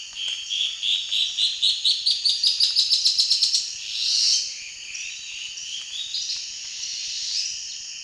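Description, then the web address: Dusky-throated antshrike song: a long series of notes rising steadily in pitch and speeding up, then a brief rasping note, over a constant high buzz. Song; eastern lowlands of South America. "ENTER Music and Audio. Nature Songs S America Eastern Lowlands. Thamnomanes ardesiacus, song"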